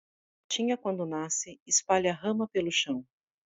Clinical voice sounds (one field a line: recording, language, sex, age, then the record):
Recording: short text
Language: Brazilian Portuguese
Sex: female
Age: 30 to 39 years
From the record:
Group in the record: control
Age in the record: 38 years